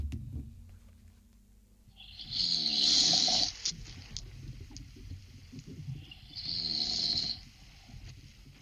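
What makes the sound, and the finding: A man asleep. Snoring.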